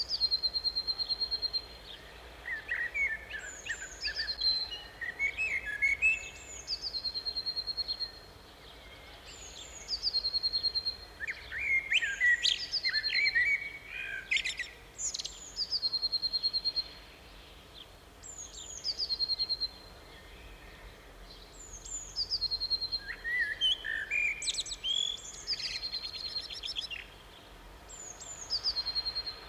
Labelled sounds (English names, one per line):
Common Blackbird song